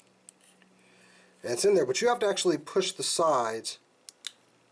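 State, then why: Released. A plastic piece of a Power Rangers Legacy Ninja Megazord toy robot is released from under the jaw section by pressing its sides, while someone talks. After the talking, two short, sharp clicks are heard at 4.1 s and 4.3 s as the piece clicks free and is released.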